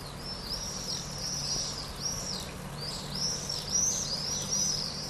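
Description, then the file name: Swallows chirping in bright, high twittering phrases, some arching up and down, over a faint low background hum. Forest ambience in wet, misty, damp spring weather in Cyprus. "birds crows swallows spring cyprus"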